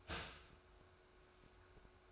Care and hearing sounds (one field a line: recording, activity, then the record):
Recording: daily activity, microphone in the room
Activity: start toaster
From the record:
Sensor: 2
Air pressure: 1014.6 hPa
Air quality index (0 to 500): 201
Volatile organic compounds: 22 ppm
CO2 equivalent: 2756 ppm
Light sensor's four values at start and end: 3/9/3/3 and 3/9/3/3